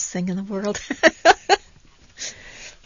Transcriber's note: she laughs